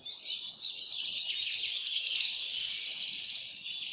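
Wood warbler song: a series of sharp ticking notes that run into a fast, even, shivering trill lasting over a second.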